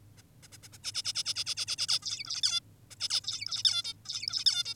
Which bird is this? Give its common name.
Zebra Finch